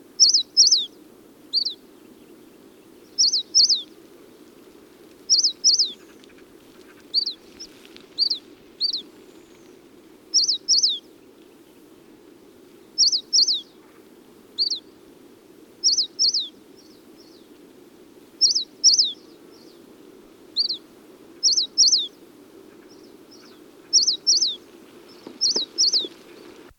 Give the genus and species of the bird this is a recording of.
Phylloscopus inornatus